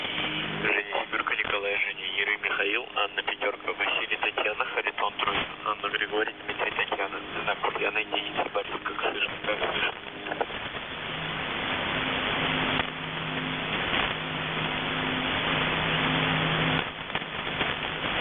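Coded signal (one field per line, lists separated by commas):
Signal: coded military voice message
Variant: The Pip, Russian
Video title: The Pip | 21st August 2023 | "Dlya" Voice Message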